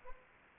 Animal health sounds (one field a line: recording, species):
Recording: mosquito wingbeat signal from an infrared sensor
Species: Anopheles arabiensis